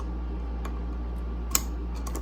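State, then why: Not seated. A metal distributor shaft slides onto the drive of an old oil pump but stays loose and does not lock in. Over a steady low hum, light handling taps sound at about 0.7, 2.1 and 2.2 s, with one sharper tap at 1.6 s. Nothing has seated or clicked into place.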